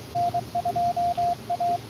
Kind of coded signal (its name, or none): Morse code